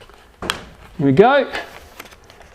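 A plastic retaining plate is pushed firmly further onto the rudder control horn prongs that come through the foam of an AXN Clouds Fly Floater Jet RC plane, compressing the foam so the barbs engage fully. A sharp click is heard at 0.5 s, then someone talks. The plate is seated and the rudder linkage is hooked up.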